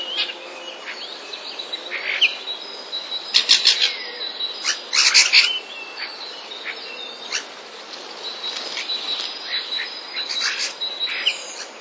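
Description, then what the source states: Common starling song: chirps and chattering bursts, loudest in the middle, with quieter scattered notes before and after over background hiss. Starling song containing sounds borrowed from sparrows.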